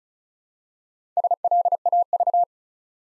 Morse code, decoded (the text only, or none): SLAV